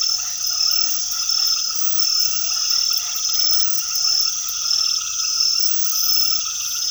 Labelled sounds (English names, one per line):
none